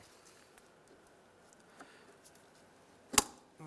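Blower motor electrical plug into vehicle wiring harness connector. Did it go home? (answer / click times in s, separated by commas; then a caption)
yes / 3.2 s. The electrical plug of a new HVAC blower motor on a 1992-1996 Ford F-150 is pushed into the truck's wiring harness connector, the plastic connector halves pressed together until they latch. After a few faint taps and handling noises, a sharp, loud click is heard at 3.2 s as the plug seats.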